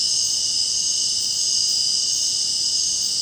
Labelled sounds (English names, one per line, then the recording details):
none
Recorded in dense forest near Puerto Asís, Putumayo, Colombia, on 25 June 2025 at 19:30
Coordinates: 0.499, -76.324
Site G100